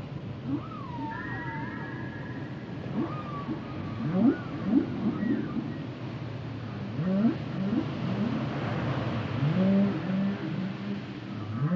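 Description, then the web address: Whale song: warbling looping whistles early on, then clusters of low rising chirps and brief squeals, against a broad rushing background. "Natures Songs Whale Songs Whales and Dolphins - whale nature sounds songs"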